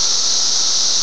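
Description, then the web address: Cicadas producing a continuous, high-pitched buzzing drone that holds steady without a break. Several cicadas recorded on 24 May 2004. "fleur cicadas"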